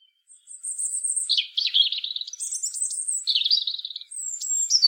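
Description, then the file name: European robin alternating thin, very high whistles with lower, scratchy trilled notes in a short, lively phrase. "Erithacus rubecula"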